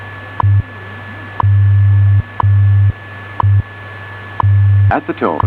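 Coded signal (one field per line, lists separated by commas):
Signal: radio time signal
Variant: WWV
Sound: sharp tick every second, low hum pulses of varying length, steady static hiss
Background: radio static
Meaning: Each tick marks one second; the varying low-tone pulses carry the time code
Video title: WWV 2500 kHz - Tecsun PL365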